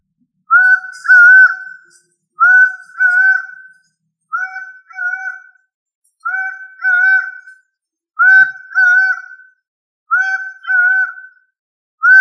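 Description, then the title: Bird song of paired, steady whistled notes repeated about every two seconds in a quiet background. "LuckyPassaro Completos2Sama"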